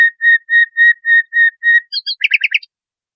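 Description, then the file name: Nightingale song: loud, evenly spaced whistled notes, ending in a quick chattering trill. Masteran training song for teaching cage birds. "suara masteran nightingale"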